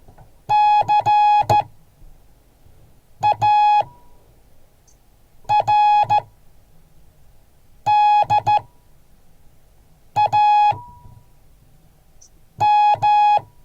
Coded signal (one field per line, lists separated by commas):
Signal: Morse code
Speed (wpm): 14 wpm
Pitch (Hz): 840 Hz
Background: none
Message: CARDAM